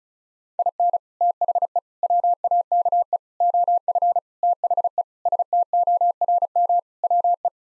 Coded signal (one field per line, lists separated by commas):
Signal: Morse code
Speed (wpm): 34 wpm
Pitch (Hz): 700 Hz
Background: none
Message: IN THE WAKE OF THE STORM WE